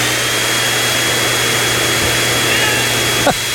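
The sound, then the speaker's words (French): A vacuum cleaner runs steadily with a loud, even roar and an underlying low hum. A brief knock or bump interrupts it near the end. “Même l'aspirateur, il veut pas”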